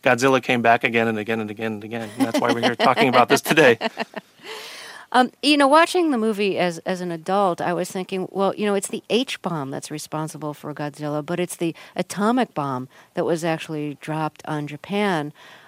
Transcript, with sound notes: Godzilla came back again and again and again and again, and that's why we're here talking about this today.
(Laughter) You know, watching the movie as an adult, I was thinking, well, you know, it's the H-bomb that's responsible for Godzilla, but it's the atomic bomb that was actually dropped on Japan.